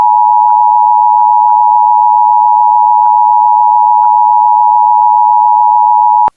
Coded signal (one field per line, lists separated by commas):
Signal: Emergency Alert System (SAME) tones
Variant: 853 and 960 Hz attention tone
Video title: EAS: Overnight AMBER Alert for Non-Family Abduction of Young Girl in Washington